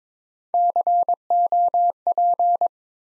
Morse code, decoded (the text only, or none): COP